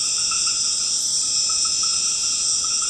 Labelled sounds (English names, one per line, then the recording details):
none
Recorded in secondary vegetation near Puerto Asís, Putumayo, Colombia, on 12 March 2025 at 19:30
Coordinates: 0.485, -76.322
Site G040